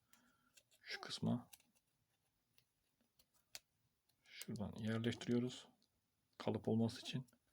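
During a car window switch button repair, a cardboard/plastic shim is being pushed into the switch housing to act as a mold while someone talks. Brief faint clicks occur at about 0.1 s and 0.6 s and a sharper tap at 3.6 s between the speech, but nothing has seated or clicked into place yet.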